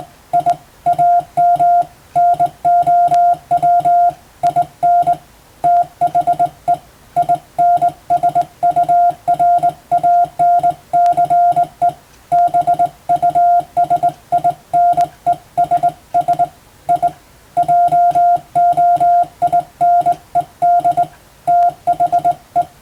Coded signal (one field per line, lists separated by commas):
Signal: Morse code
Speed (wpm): 21 wpm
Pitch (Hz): 700 Hz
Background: music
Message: I AM NOW IN THE INSURANCE BUSINESS I JOINED THE